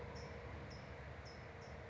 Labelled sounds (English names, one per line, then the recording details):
California Towhee
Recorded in Sonoma County, California